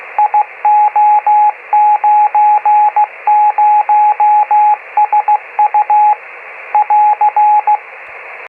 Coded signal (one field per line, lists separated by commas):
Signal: Morse code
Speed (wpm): 16 wpm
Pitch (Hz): 840 Hz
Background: radio noise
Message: IO90SU <AR>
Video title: 432.493MHz G4WTV 50mW Morse code beacon (Radiosonde transmitter)